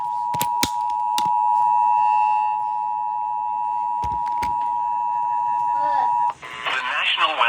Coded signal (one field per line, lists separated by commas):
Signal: Emergency Alert System (SAME) tones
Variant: 853 and 960 Hz attention tone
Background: speech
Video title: US Emergency Alert Systems 2026 (part 8)